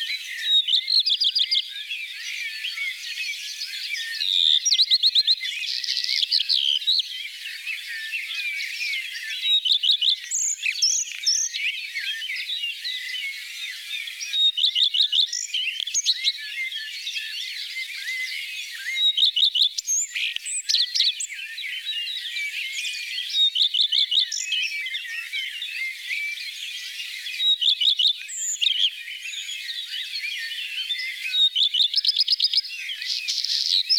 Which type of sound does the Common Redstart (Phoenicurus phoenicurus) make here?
song